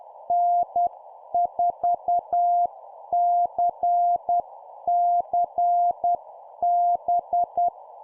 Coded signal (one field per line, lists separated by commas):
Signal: Morse code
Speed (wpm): 10 wpm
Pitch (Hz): 700 Hz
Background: none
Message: N4CCB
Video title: 10wpm CQ contact Example QSO Template, CW morse code Copy Speed improvement